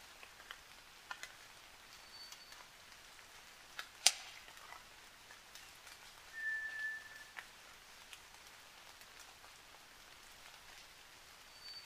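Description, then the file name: White's thrush giving thin whistles that alternate in pitch: a faint high note, a lower level note, then another high one, with a loud click. Recorded at night, 29 June 2009, 23:14. "toratugumi 20090629-2314"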